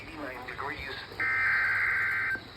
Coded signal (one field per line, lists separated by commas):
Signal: Emergency Alert System (SAME) tones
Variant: header bursts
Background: speech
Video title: XYLONXD Direct 2.7.2026 | EAS #36-47